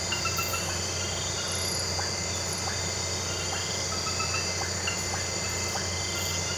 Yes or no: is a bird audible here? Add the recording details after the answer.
no. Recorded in pastures near Puerto Asís, Putumayo, Colombia, on 9 March 2025 at 23:30. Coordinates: 0.466, -76.322. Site CSA-02